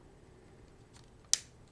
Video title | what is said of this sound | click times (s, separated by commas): Portable Nebulizer that Runs on 2 AA batteries | There's your click. | 1.3 s